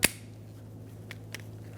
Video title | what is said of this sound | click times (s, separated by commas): How to Install TRQ Windshield Wiper Blades on Your Car or Truck | and it's locked on | 0.0 s